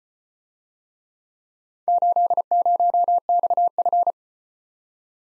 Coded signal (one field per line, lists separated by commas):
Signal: Morse code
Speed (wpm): 33 wpm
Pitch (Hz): 700 Hz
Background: none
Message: 80XF